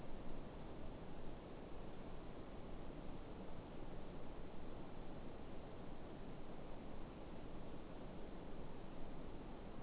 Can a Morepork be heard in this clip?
no